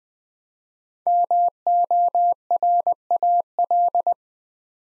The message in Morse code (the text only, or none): MORAL